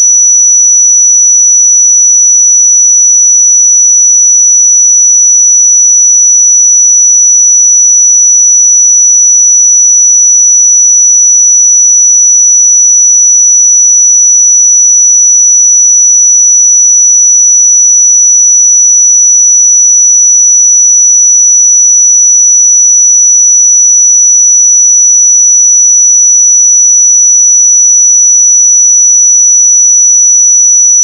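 A pure 5908 Hz sine tone holds perfectly steady for the whole half minute, a single thin, bright whistle with no wavering. Its level never changes, and nothing else sounds beneath it, only silence around the tone.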